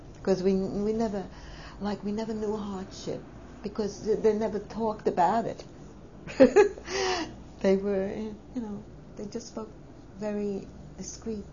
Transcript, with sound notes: because we never, like, we never know the hardship, because they never talked about it. (she laughs) They were, you know, they just spoke very discreet